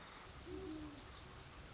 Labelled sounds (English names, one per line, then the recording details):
Great Horned Owl
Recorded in Sonoma County, California